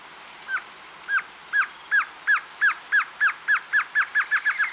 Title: LuckyPassaro Completos2Sama. Glossy Antshrike (Sakesphorus luctuosus luctuosus)